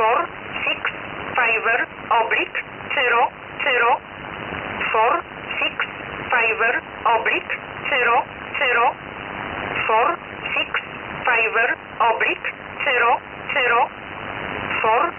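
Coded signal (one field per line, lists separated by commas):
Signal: numbers station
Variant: E11 Oblique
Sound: synthetic-sounding voice reading short evenly spaced words over radio hiss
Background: radio static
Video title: E11 Oblique 29/08/2023 1205 UTC 6304kHz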